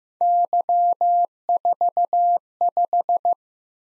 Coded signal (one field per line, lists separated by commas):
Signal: Morse code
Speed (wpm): 15 wpm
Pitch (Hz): 700 Hz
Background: none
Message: Y45